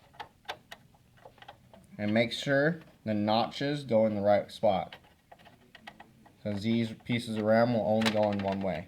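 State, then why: Not seated. A RAM module is lined up over the motherboard memory slot nearest the CPU in a Dell OptiPlex 745C, with its notches matched to the slot before being pushed home. Small handling ticks are heard around 0.2–1.5 s and 5.3–6.0 s while someone talks. The module has not seated or clicked yet.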